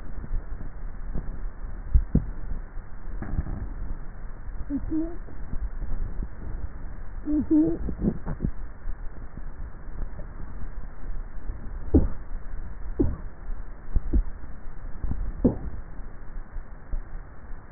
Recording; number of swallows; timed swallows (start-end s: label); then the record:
swallowing sounds by neck microphone; 4
1.83-2.83 s: swallow
3.17-4.17 s: swallow
6.07-7.00 s: swallow
15.30-16.30 s: swallow
From the record:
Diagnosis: dysphagia